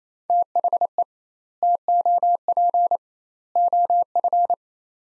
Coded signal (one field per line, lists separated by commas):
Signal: Morse code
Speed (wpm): 28 wpm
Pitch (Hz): 700 Hz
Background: none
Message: THE TOP OF